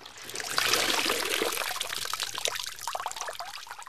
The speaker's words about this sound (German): Hier wird dann noch Wasser aus dem Brei herausgepresst. Ungefähr so.